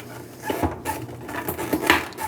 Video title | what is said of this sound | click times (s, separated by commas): How to Replace Fuel Tank Sending Unit 2011-2027 Dodge Durango 5.7L V8 | feel it fully seat in. You'll hear a click. | 1.9 s